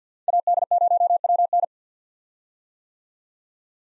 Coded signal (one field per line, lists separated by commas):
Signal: Morse code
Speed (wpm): 48 wpm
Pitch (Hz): 700 Hz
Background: none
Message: AD0WN